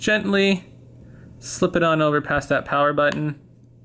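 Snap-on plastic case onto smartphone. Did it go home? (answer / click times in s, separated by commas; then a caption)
no / none. A SPIGEN Ultra Fit snap-on plastic case is being slipped onto a Nexus 5 smartphone, over past the power button, while someone talks throughout. Nothing has seated or clicked yet in this clip.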